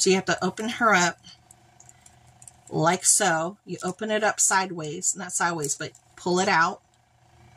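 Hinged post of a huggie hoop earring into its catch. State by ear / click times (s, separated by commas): not seated / none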